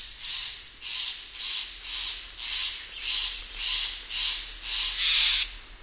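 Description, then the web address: Steller's jay repeating rough, scratchy calls in a steady series. "Songs of Birds of North America Know Your Bird Sounds Common Western Species. Stellers Jay"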